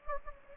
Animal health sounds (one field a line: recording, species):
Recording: mosquito wingbeat signal from an infrared sensor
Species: Anopheles gambiae